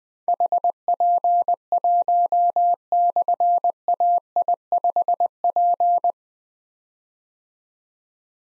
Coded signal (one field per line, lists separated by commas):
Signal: Morse code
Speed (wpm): 20 wpm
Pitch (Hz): 700 Hz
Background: none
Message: HP1/AI5P